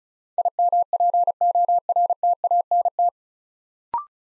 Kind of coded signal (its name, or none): Morse code